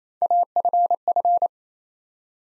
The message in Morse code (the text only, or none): AFF